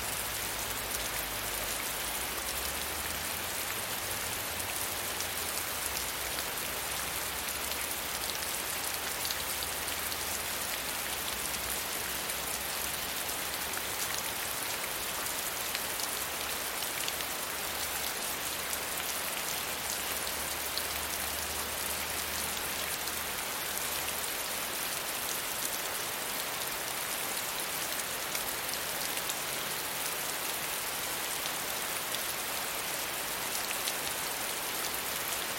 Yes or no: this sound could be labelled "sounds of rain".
yes